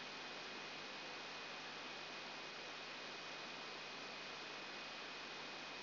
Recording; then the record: brain microelectrode recording played as sound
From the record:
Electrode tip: outside the subthalamic nucleus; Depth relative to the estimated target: 4 mm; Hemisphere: left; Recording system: AlphaMap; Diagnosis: Parkinson's disease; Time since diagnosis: 8 years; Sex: female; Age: 37 years